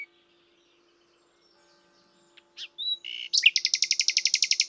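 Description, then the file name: Common nightingale song beginning with a few scattered notes, then a sudden loud, fast, evenly repeated rattle; a steady low hum runs underneath. "Luscinia megarhynchos"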